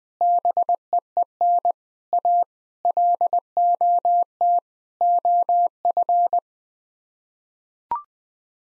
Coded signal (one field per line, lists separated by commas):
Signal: Morse code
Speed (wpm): 20 wpm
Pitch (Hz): 700 Hz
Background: none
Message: BEEN A LOT OF